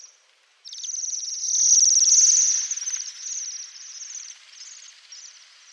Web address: pinson siffleur bombycilla garrulus